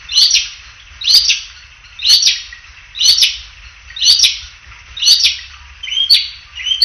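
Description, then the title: Prinia singing loud, high, ringing chirped phrases repeated steadily about once a second. Male, singing. "prenjk gnung. Suara Kicau Burung Prenjak jantan"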